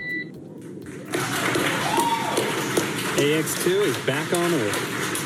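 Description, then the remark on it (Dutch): After a quiet second, steady applause swells and continues, a dense, even wash of clapping with excited voices calling out over it, following the splashdown in the Gulf of Mexico of the SpaceX Ax-2 capsule returning from the International Space Station. “Terug op de aarde en applaus.”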